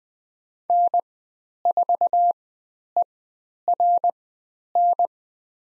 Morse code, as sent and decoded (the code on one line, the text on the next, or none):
-. ....- . .-. -.
N4ERN